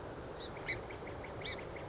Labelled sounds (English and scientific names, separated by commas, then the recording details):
Song Sparrow (Melospiza melodia)
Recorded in Sonoma County, California